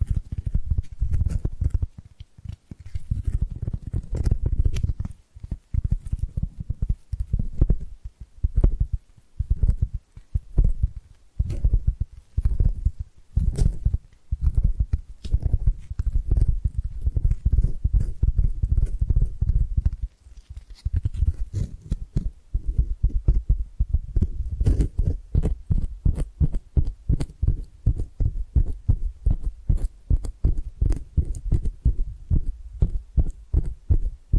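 Rapid, dense low tapping triggers pulse continuously with thuds and sharp clicks, briefly pausing near twenty seconds before quickening again.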